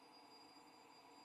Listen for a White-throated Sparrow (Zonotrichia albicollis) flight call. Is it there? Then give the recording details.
no. No flight call is heard. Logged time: 07:47 on 29 November 2014